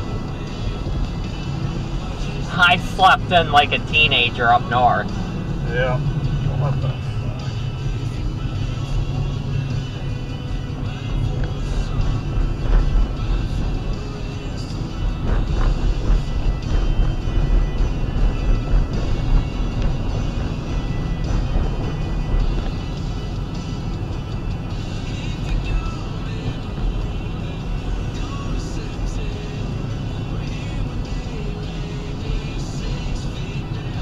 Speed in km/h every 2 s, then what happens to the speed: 58, 58, 58, 45, 47, 47, 50, 50, 50, 55, 56, 56, 56, 56, 56, 55, 55.
4-6 brakes to 45. 6-16 steady at about 47. 16-19 speeds up to 56. 19-34 steady at about 56.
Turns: none.